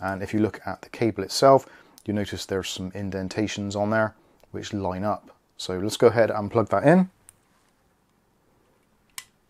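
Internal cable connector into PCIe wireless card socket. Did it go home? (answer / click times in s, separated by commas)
yes / 9.2 s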